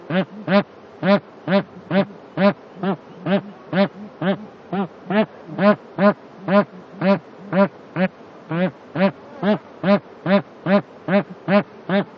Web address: wroblowe ptaki anser indicus